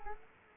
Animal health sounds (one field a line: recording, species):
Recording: mosquito wingbeat signal from an infrared sensor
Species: Culex quinquefasciatus